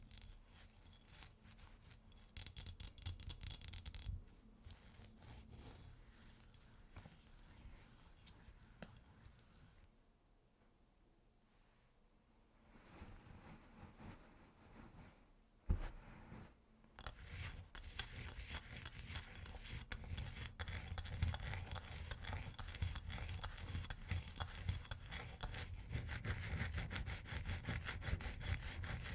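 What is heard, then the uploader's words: Rough scratching on ice, a dense gritty rasping like sawing or rubbing. It runs for the first ten seconds, drops to near quiet with faint scrapes, then a sharp knock around sixteen seconds leads into steady, louder scratching through the end. ASMR Ice Tapping & Scratching (No Talking).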